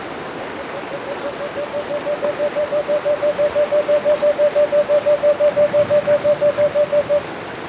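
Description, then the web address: Cinnamon screech owl trill: soft hoots swell in volume, then run evenly at about three per second for six seconds; a brief high chirping series sounds partway through. Recorded in Ecuador. "Birds of Ecuador. Cinnamon Screech-Owl"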